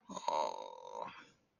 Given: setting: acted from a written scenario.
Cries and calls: vocal sound without words; sympathy

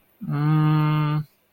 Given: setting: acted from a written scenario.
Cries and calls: vocal sound without words; guilt

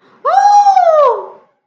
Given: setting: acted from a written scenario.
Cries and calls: vocal sound without words; fear

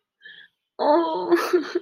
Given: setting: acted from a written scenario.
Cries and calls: vocal sound without words; sadness

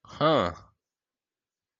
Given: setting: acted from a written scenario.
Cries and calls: vocal sound without words; interest

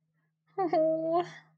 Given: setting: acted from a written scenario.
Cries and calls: vocal sound without words; guilt

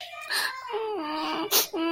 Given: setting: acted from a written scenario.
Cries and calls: vocal sound without words; sadness

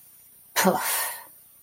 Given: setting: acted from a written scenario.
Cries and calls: vocal sound without words; contempt

